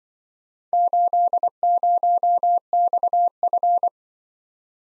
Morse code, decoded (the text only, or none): 80XF